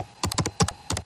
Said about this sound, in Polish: A to jest dźwięk klawiatury laptopa, który może go pokonać.